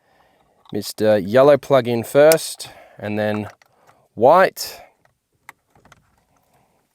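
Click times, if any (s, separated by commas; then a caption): 5.5 s. Someone talks while a yellow wiring plug is pushed into the steering-column clock spring of a 2011–2015 Hyundai Elantra (MD/UD models) during reassembly. After a few faint ticks, a sharp click at 5.5 s marks the connector seating, followed by softer ticks.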